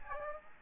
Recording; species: mosquito wingbeat signal from an infrared sensor; Aedes aegypti